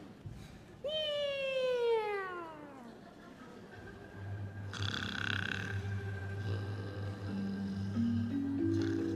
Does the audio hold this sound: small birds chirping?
no